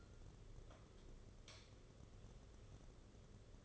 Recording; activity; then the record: daily activity, microphone in the room; light on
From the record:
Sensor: 4